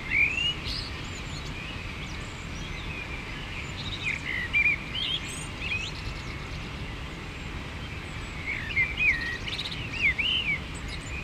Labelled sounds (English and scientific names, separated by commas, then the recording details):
Common Blackbird (Turdus merula) song
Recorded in the wild
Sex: male
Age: adult
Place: Garmisch-Partenkirchen, Bayern, DE
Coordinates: 47.4917, 11.0789
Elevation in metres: 703
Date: 1969-04-12
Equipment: Uher 4000, Sennheiser MKH 405
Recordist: Tretzel, Erwin